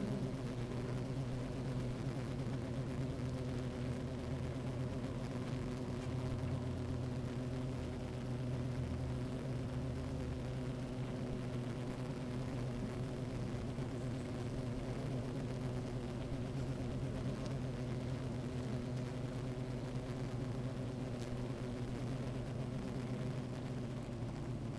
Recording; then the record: honeybee colony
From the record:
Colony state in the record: active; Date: 28 July 2017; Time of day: 13:07